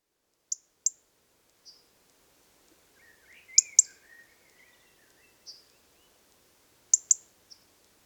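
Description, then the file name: European robin, sharp high ticking calls given singly and in pairs, with a soft lower warbling phrase in between, in a quiet setting. "Erithacus rubecula"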